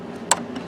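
An ink cartridge for a continuous ink system on a Canon TS9520 printer is pushed into the front of the print head carriage. A sharp, loud click at 0.3 s shows it seated, followed by a faint softer sound at 0.6 s over a low steady hum.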